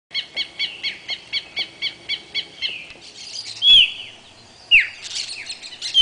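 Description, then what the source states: Songbird song: a rapid series of repeated chirps, then separate sharp descending whistled notes. Songbirds recorded in Brazil.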